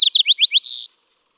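Fox Sparrow song fragment: a loud burst of about five quick slurred notes, mostly rising, ending in one longer buzzy note, under a second in all.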